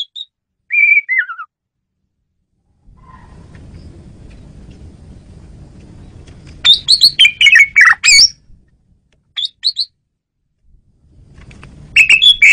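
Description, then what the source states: Asian pied starling giving a descending whistled note, then a rapid run of harsh squawks and chirps, and more chattering at the end, with a steady low hum between. Female bird used as a lure bird.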